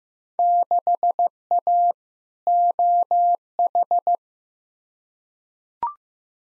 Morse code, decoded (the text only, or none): 6A OH